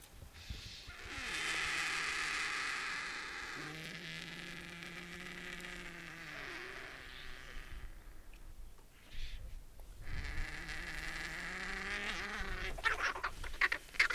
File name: Indian Vulture Gyps indicus